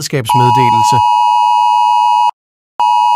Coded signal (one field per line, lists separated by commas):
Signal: Emergency Alert System (SAME) tones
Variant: 853 and 960 Hz attention tone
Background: speech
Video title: 2024 Danish EAS (Emergency Alert System) | TV 2 Denmark